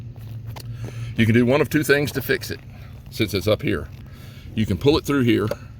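Someone talks while handling a rubber grommet to pull it through its hole in a truck body panel, fixing a water leak because the grommet was never clicked in at the factory. A steady low hum runs under the speech, with a couple of faint ticks early on. Nothing has seated or clicked yet.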